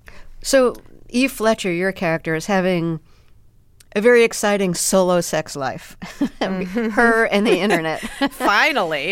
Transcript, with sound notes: So Eve Fletcher, your character, is having a very exciting solo sex life - (laughter) her and the Internet.
Finally.